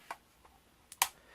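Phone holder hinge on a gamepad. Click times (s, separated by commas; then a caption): 1.0 s. The plastic phone holder hinge on an IPEGA 9037 gamepad is opened, with faint ticks at about 0.1, 0.5 and 0.9 s. At 1.0 s it gives a sharp, bright click as it seats into its 90-degree detent.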